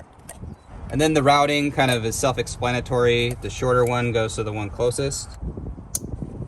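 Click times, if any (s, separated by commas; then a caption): 6.0 s. Someone talks while routing the wiring harness during a knock sensor replacement (P0325) on a Toyota 4Runner 3.4L TRD Supercharged V6 5VZ-FE. The plastic harness connector is then pushed onto the knock sensor, and a short, sharp click is heard at 6.0 s as it seats.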